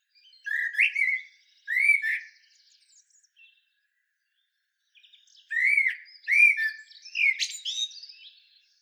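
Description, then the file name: Common blackbird song: two short fluty phrases, a pause, then a longer warbled run with high scratchy notes. "Turdus merula"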